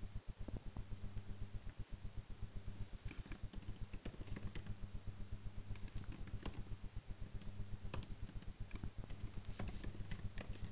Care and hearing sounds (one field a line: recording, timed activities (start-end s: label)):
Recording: household activities, microphone on the right wrist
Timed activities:
0.00-10.72 s: working on the computer